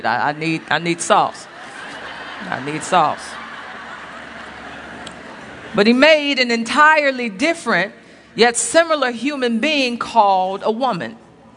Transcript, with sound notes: I need sauce. I need sauce. (laughter) But He made an entirely different, yet similar, human being called a woman.